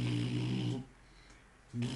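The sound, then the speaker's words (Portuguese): A voice imitates a muffled horn blast, like a horn blown underwater, with a low, buzzing drone held for most of a second. After a brief pause, a second loud blast begins. “Só que a trompa tinha um som de.”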